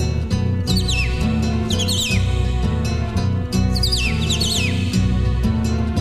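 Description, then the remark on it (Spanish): A cardinal sings bright, clear whistles that slur downward, in four quick bursts of repeated notes, heard over a steady backdrop of loud music. “Canta el cardenal.”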